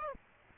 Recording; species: mosquito wingbeat signal from an infrared sensor; Aedes aegypti